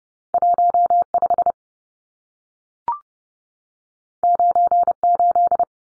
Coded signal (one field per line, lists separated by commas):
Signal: Morse code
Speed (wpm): 30 wpm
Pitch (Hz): 700 Hz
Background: none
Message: 15 98